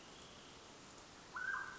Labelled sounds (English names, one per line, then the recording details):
Mountain Quail
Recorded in Sonoma County, California